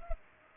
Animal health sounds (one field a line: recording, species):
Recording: mosquito wingbeat signal from an infrared sensor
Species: Culex pipiens